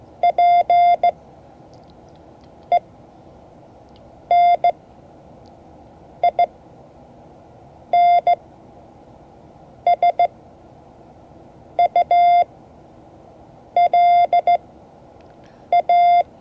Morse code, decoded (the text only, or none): PENINSULA